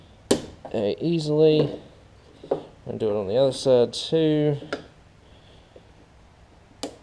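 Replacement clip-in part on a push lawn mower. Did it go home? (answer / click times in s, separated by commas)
yes / 6.8 s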